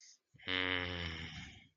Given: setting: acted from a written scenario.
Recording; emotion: vocal sound without words; ecstasy